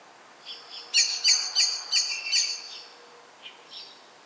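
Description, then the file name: Common blackbird calling in a rapid series of five ringing chink notes, about three per second, with a few softer notes before and after. "Turdus merula"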